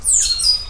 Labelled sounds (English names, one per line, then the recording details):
Stitchbird song
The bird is a male
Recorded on Tiritiri Matangi Island, New Zealand, in 2005
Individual 12, of nest box 16